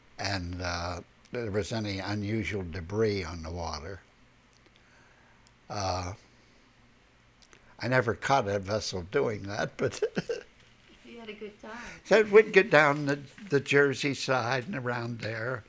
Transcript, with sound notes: and if there was any unusual debris on the water. I never caught a vessel doing that, but... ( he laughs )
You had a good time.
We'd get down the Jersey side and around there,